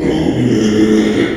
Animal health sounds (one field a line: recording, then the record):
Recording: squeal of a Yucatan mini pig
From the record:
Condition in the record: after surgery on the right vocal fold (resection and tissue-engineered implant)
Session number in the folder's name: 2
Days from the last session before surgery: 13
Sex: male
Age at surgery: 12 weeks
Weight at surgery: 13 kg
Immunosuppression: cyclosporine, prednisolone